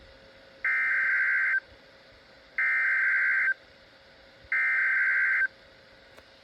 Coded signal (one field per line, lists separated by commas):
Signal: Emergency Alert System (SAME) tones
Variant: header bursts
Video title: WNG586 Wakefield Tornado Warning - EAS 963 - 12/10/23